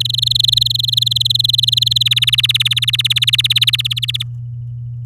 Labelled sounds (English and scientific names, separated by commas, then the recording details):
Domestic Canary (Serinus canaria) song
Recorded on 10 May 2018 at 05:30
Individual llb16